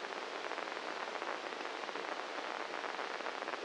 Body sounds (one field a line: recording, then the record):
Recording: brain microelectrode recording played as sound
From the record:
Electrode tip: inside the subthalamic nucleus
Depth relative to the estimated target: -1 mm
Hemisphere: left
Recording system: NeuroSet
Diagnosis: Parkinson's disease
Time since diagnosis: 9 years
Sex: male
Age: 56 years